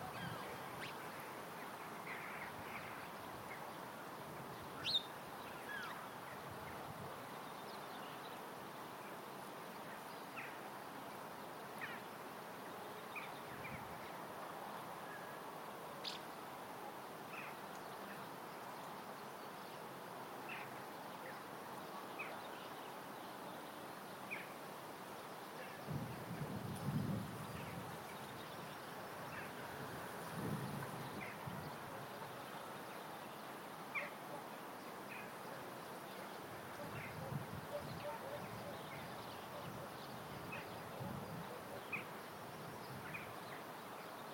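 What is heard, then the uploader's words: Goldfinches twitter and tinkle in short, scattered high notes over a steady soft outdoor hush on an allotment. A faint buzzing insect hum runs underneath, and low muffled rumbles swell briefly around 26–28 and 37 seconds, with a sharp click near 5 seconds. The joyful song of summer on the allotment. Soothing birdsong on a gentle summer’s morning on the allotment. Recorded and presented by Hannah Tribe.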